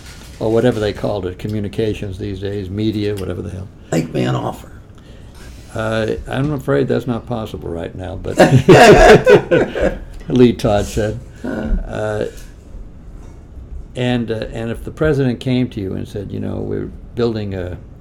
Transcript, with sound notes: or whatever they called it, communications these days, media, whatever the hell—
Make me an offer.
I’m afraid that’s not possible right now, but— [laughter] Lee Todd said. And if the president came to you and said, you know, we’re building a